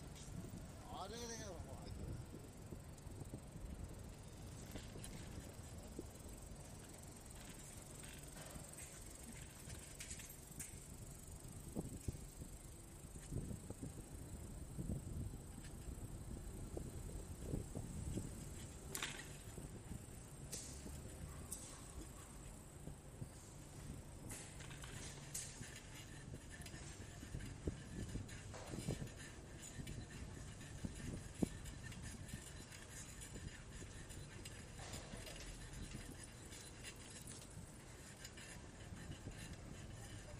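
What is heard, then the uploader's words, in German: A bicycle rolls through Groningen station amid a steady low rumble, scattered voices, brief squeaks and clanks, and a bright hiss throughout. Fahrraddurchfahrt durch den Bahnhof von Groningen. Das Video zeigt eine Anfahrt auf den Bahnhof, vorbei an anderen Fahrrad-Stellplätzen, die Einfahrt ins Fahrrad-Parkhaus und eine Durchfahrt bis hinter dem Parkhaus.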